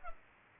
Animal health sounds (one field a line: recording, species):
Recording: mosquito wingbeat signal from an infrared sensor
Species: Culex pipiens